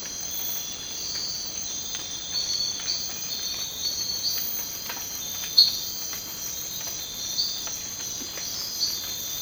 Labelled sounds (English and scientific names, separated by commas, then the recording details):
none
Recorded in dense forest near Puerto Asís, Putumayo, Colombia, on 19 March 2025 at 03:00
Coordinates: 0.500, -76.322
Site GP06